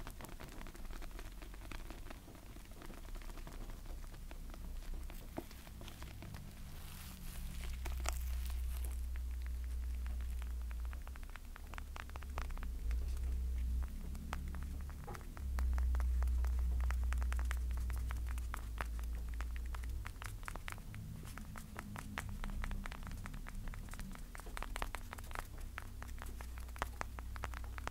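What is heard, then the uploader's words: Tapping and scratching sounds, with dense clusters of sharp clicks and taps that come in bursts, thickest around the middle and again near 25 seconds. A steady low rumble sits underneath throughout, swelling louder around 8 and 16 seconds, with faint scratchy rustling between the taps. Tapping & Scratching.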